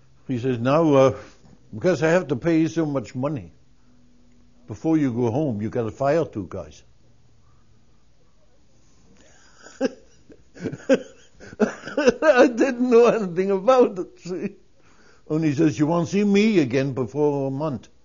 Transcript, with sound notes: he says, "Now, uh, since I have to pay you so much money, before you go home you can fire two guys." (He laughs.) I didn't know anything about that, see. And he says, "You won't see me again before a month.